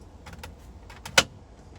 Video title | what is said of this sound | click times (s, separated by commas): Samsung Refrigerator Cleaning Tip | and slide it all the way back until you hear these little clips and they'll click into place and | 1.2 s